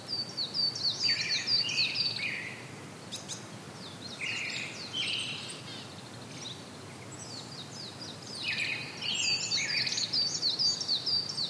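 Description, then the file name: Brown-headed thrush song: several short warbled phrases in bursts with pauses between, mixed with quick high twittering. "akahara"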